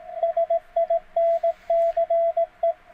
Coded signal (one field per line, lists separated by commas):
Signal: Morse code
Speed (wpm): 18 wpm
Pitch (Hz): 660 Hz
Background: radio noise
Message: SINCE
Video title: CW Ain't For Machines!